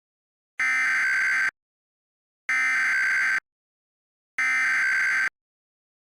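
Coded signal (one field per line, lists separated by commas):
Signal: Emergency Alert System (SAME) tones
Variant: header bursts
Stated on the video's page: Mock simulated EAS alert, fictional astronomical disaster scenario.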